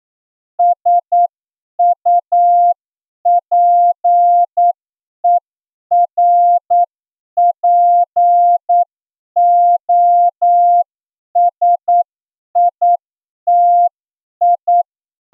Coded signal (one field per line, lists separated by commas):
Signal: Morse code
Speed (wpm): 9 wpm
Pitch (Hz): 700 Hz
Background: none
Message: SUPERPOSITI